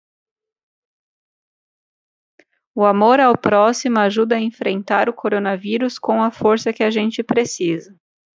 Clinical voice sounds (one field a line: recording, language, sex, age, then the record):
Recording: spoken sentence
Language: Brazilian Portuguese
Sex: female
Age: 30 to 39 years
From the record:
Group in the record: control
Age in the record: 33 years